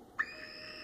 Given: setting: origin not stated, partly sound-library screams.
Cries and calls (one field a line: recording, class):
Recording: one-second piece from a danger detection set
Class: woman in danger